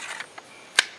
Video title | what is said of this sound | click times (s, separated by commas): GSO-5.1 Survival Knife by Survive Knives: Episode 2 of Knife-maker Monday | fit is fantastic they don't they snap in place they don't rattle at all the | 0.8 s